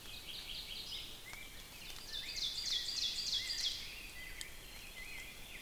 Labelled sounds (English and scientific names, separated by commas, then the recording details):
Ovenbird (Seiurus aurocapilla) song
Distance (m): 60 m
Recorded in boreal forest in Alberta, Canada, on 5 June 2016 at 05:53
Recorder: SongMeter 3, array SBT-3-51
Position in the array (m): 222 m, 16 m
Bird 27